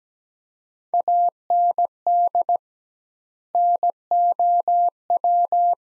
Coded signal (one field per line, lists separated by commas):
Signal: Morse code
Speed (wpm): 17 wpm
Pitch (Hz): 700 Hz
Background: none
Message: AND NOW